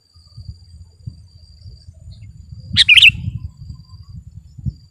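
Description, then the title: Sooty-headed bulbul singing a single quick, bubbling phrase of a few notes in the middle, with a continuous low rumble and a faint, high, steady tone. "kutilang"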